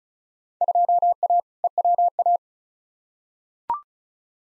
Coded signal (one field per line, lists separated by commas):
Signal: Morse code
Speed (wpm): 34 wpm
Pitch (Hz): 700 Hz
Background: none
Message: 2A EWA